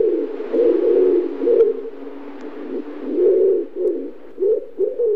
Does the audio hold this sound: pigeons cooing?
yes